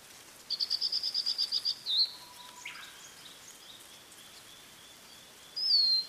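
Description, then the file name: Blue-and-white flycatcher giving about ten rapid, evenly spaced high notes, a lower slurred note, then a quiet pause and a whistle at the end. "oruri"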